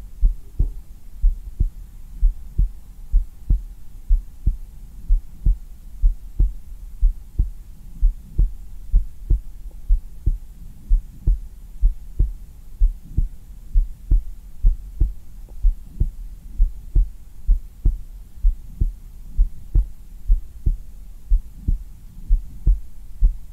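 Steady, deep lub-dub thumps at roughly 70 a minute, heard through skin contact: an ordinary regular heartbeat.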